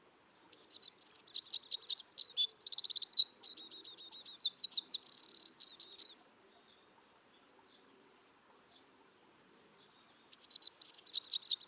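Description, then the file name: Eurasian wren gives a long, shrill song of rapid trills and rattles with a buzzy section, falls silent for about four seconds, then starts another. "Troglodytes troglodytes"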